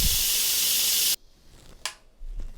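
Steam hisses loudly from an electric pressure cooker during a natural pressure release, then stops abruptly at about 1.2 s. At 1.9 s the float valve pin in the lid drops down with a small, sharp click, releasing the lid lock. Faint low rustling follows.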